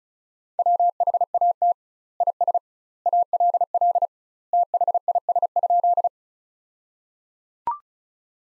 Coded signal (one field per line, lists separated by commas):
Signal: Morse code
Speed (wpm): 36 wpm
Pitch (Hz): 700 Hz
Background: none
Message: WHAT IS ALL THIS?